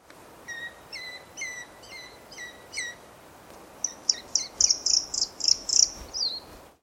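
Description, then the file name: Eurasian pygmy owl, a series of five short rising whistled notes, then a faster run of high, thin piping notes with steady background hiss. "sperlingskauz"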